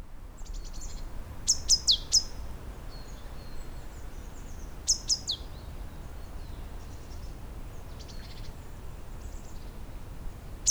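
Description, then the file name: Great tit calls: short, sharp high notes sweeping downward, given in a quick cluster of three, then a pair, then one more at the end, over steady low background rumble. "Parus major"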